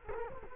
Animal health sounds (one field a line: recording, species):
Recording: mosquito wingbeat signal from an infrared sensor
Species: Culex quinquefasciatus